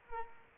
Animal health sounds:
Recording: mosquito wingbeat signal from an infrared sensor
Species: Culex pipiens

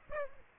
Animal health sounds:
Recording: mosquito wingbeat signal from an infrared sensor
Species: Aedes aegypti

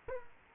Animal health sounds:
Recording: mosquito wingbeat signal from an infrared sensor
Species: Culex quinquefasciatus

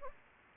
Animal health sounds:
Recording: mosquito wingbeat signal from an infrared sensor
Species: Anopheles gambiae

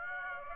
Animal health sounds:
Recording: mosquito wingbeat signal from an infrared sensor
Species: Aedes aegypti

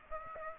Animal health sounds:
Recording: mosquito wingbeat signal from an infrared sensor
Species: Aedes aegypti

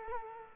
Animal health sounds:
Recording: mosquito wingbeat signal from an infrared sensor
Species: Culex quinquefasciatus

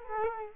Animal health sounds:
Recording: mosquito wingbeat signal from an infrared sensor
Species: Culex quinquefasciatus

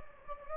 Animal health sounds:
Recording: mosquito wingbeat signal from an infrared sensor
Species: Anopheles gambiae

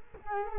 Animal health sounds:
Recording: mosquito wingbeat signal from an infrared sensor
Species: Culex quinquefasciatus

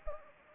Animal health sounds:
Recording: mosquito wingbeat signal from an infrared sensor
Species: Anopheles gambiae

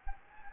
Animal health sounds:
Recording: mosquito wingbeat signal from an infrared sensor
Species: Anopheles gambiae

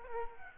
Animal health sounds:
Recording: mosquito wingbeat signal from an infrared sensor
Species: Aedes aegypti

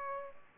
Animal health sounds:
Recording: mosquito wingbeat signal from an infrared sensor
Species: Culex pipiens

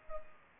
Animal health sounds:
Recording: mosquito wingbeat signal from an infrared sensor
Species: Culex pipiens

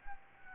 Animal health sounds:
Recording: mosquito wingbeat signal from an infrared sensor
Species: Aedes albopictus

